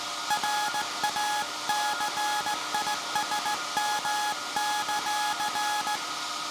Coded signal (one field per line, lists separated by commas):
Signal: Morse code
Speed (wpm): 17 wpm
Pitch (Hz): 840 Hz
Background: none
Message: RACISM;